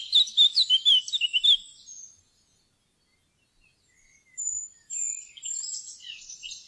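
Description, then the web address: Eurasian blackcap singing a quick burst of bright chattering notes, a short silence, then another higher, scratchier phrase. "fuglelyder munk"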